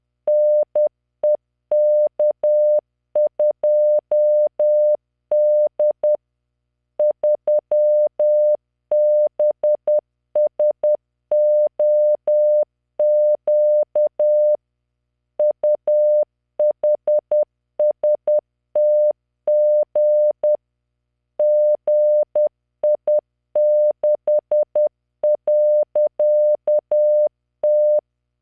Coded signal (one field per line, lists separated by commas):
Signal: Morse code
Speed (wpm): 10 wpm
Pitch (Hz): 600 Hz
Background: none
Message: NEK2D 3BSOQ UHSTG GI6.T